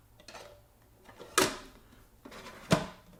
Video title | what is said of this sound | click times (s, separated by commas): BRIOBITE DOLCE1000 Ice Cream Maker & More | and it'll lock into place just like that. | 1.4 s